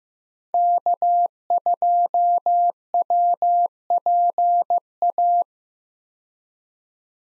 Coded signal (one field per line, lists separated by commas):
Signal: Morse code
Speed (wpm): 15 wpm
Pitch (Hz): 700 Hz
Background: none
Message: K2WPA